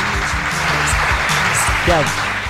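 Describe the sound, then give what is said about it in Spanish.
An audience claps steadily and loudly throughout as a radio show returns after the holidays, a dense, continuous patter of many hands, with a murmur of voices mixed in beneath the applause. “Muy bien, arriba esas palmas.”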